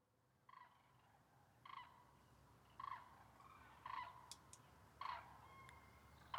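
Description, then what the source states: Common crane calls: quiet trumpeting notes repeated roughly once a second, with a few sharp high ticks and a faint steady hum. November at Lac du Der, eastern France; migrating cranes stopping over on reservoirs, counted at over 200,000; most fly on over France to Spain, returning late February; Nagra Seven, MKH8020 stereo.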